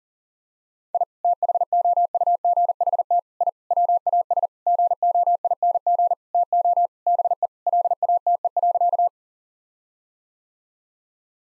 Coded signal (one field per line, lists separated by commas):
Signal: Morse code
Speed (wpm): 40 wpm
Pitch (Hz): 700 Hz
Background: none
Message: I THOUGHT I WAS GOING TO BE LATE.